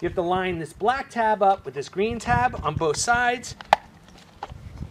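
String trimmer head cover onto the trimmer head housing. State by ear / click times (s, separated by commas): seated / 4.4 s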